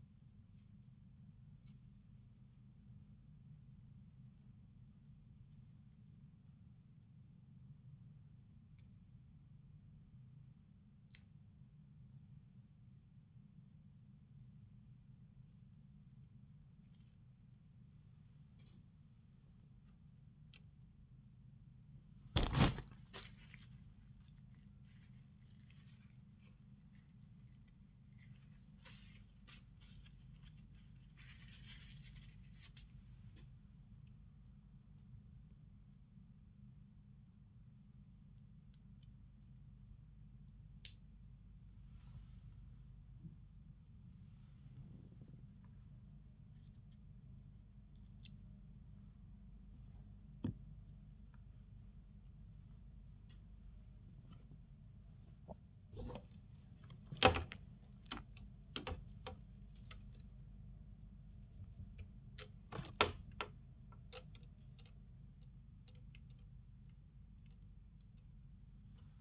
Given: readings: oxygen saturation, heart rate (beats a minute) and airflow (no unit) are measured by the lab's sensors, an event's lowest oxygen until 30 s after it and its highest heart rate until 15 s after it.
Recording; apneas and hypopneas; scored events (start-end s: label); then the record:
a person awake in a sleep study, by a smartphone at the bedside; none
0.00-69.21 s: awake
From the record:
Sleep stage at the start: awake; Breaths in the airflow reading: 29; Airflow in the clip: -1.5 to 0.9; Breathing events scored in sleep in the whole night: 270 in 6.1 hours asleep